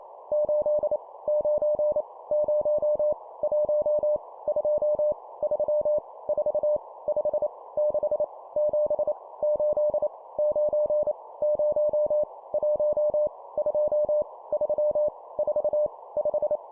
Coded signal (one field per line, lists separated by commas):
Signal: Morse code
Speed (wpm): 28 wpm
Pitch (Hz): 600 Hz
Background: none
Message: 8 9 0 1 2 3 4 5 6 7 8 9 0 1 2 3 4 5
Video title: 25wpm Numbers, cw morse code practice